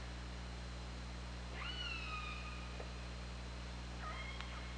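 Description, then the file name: Orca calls: a long upswept, harmonic-rich whistled call held steady then trailing off, a shorter call near the end, over constant underwater hiss and low electrical hum. 24 August 2017, 21:32. "Orca Lab. 20170824 213241"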